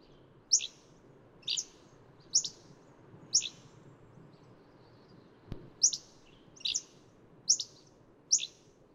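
Hammond's flycatcher giving high, clipped chirps about once a second, with a brief pause midway and a single soft click, over low background noise.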